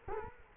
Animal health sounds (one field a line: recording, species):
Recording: mosquito wingbeat signal from an infrared sensor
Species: Culex quinquefasciatus